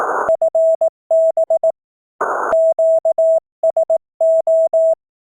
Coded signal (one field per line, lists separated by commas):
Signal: Morse code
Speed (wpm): 18 wpm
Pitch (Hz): 650 Hz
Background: none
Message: FB QSO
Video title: CW Morse Code QSO's 19th April 2020